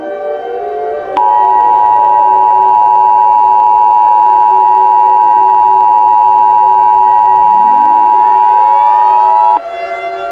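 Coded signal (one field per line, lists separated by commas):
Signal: Emergency Alert System (SAME) tones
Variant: 853 and 960 Hz attention tone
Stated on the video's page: Fictional EAS scenario using valid SAME tones, a simulated alert, not broadcast.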